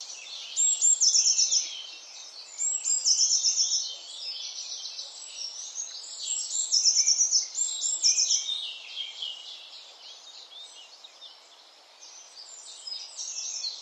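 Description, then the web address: Eurasian blue tit giving rapid high trilled calls in repeated bursts, with softer chatter later and a final trilled burst at the end. "Deverinetal 2025 File origin Bird Only Cy Ca"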